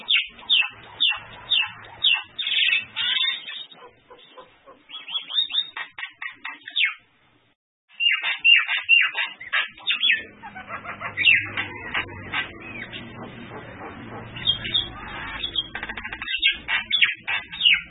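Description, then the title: Bird song of rapid chirps and trills, breaking off into a short silence near the middle before resuming in a dense, scratchy flow with low background rumble. Recording made for masteran (song tutoring of cage birds). "LuckyBurung MasteranBest"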